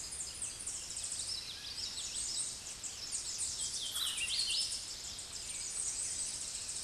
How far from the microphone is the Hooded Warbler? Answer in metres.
about 25 m